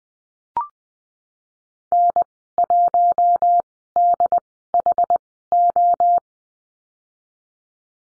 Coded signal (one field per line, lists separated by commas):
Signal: Morse code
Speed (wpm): 20 wpm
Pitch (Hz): 700 Hz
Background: none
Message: N1DHO